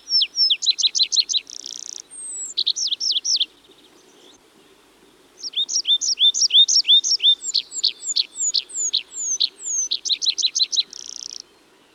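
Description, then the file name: Tree pipit song in two phrases: rapid repeated high notes and a buzzy trill, a pause of about two seconds, then a longer run of chirps and descending whistles ending in a buzz. "Tree Pipit (Anthus trivialis)"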